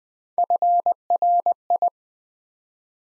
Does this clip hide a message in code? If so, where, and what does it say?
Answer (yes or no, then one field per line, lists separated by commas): yes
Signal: Morse code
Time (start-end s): 0.4-1.9 s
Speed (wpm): 20 wpm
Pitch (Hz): 700 Hz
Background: none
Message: FRI